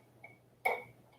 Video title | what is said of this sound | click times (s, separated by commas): How to make in the hoop burp cloth | and what I always do is I always always listen for a click | 0.7 s